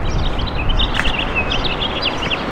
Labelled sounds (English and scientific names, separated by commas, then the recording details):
House Finch (Haemorhous mexicanus) song
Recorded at Massapequa on Long Island, New York, on 14 May 2013
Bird C